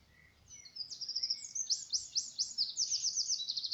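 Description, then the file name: Eurasian wren song: a loud, very high, rapid outpouring of sharp notes and fast trills running for over three seconds, with faint lower whistles underneath. "Troglodytes troglodytes"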